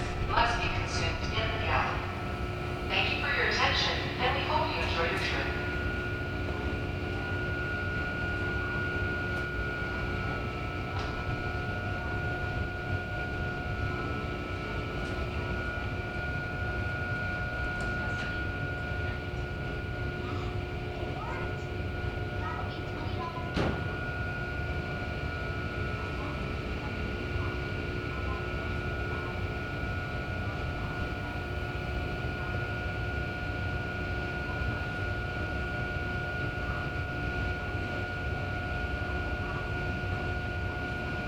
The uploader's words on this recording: Ferry Crossing Elliott Bay. I spent the month of January in Seattle. We got up early one morning and caught the ferry from Seattle to Bainbridge Island.